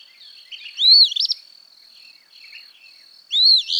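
Eastern phoebe giving a burry two-note fee-bee, then starting another, over a steady high-pitched hum.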